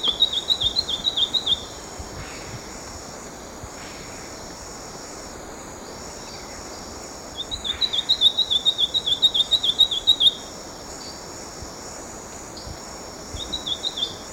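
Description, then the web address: Olivaceous Greenlet song: three bursts of rapid, high, chattering notes, the longest near the middle, separated by pauses, with a constant insect drone underneath. Recorded in Ecuador. "Birds of Ecuador. Olivaceous Greenlet"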